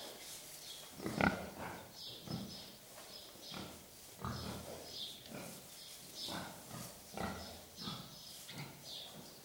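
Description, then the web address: Pig grunting, repeated low snorts with a sharper squeal early on, faint birdsong audible behind. Pigs in a shed with distant birds. "Sound Effects-BBC Pigs"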